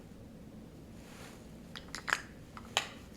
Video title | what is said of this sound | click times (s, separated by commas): Dior Homme / Dior Homme Intense - Review #dior #fragrance #perfume @Dior | cap snaps back into place | 2.8 s